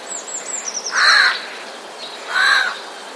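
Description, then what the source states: Eurasian jay harsh rasping screeches, two loud calls about a second and a half apart, with a series of thin high notes at the start. Recorded 6 February 2016.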